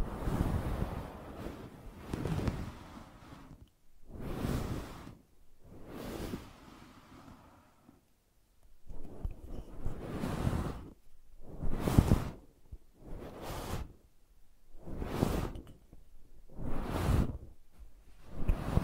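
Brushing and scratching in repeated swishing strokes, a steady rough patch at first, then quick bright sweeps roughly every second, with short pauses.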